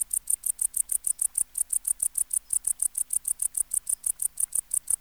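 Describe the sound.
Tettigonia hispanica bush-cricket song: a steady rapid train of short high-pitched buzzy syllables, continuing throughout without pause.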